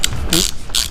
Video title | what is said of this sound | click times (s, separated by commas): ROUGH COUNTRY LIFT JEEP NIGHTMARE!!!!!!! | hear that? Click, click. | 0.0 s, 0.3 s